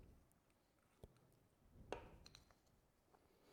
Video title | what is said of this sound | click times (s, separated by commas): Robert Cox turns his two favorite toys: a spinning top and a kaleidoscope | but it just snaps right in yeah | 1.9 s